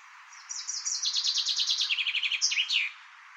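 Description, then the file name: Common chaffinch singing a rapid cascade of repeated high notes that drops in pitch in stages and ends with a flourish. "erdei pinty eneke"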